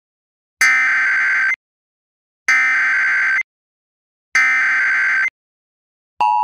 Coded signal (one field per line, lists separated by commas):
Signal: Emergency Alert System (SAME) tones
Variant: header bursts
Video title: EAS - random fires in nevada xd FM Version | RoplayfromFL